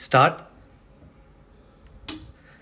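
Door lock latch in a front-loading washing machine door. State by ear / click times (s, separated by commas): seated / 2.1 s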